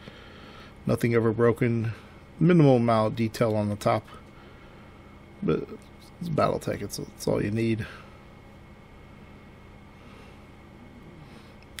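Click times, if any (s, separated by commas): 11.8 s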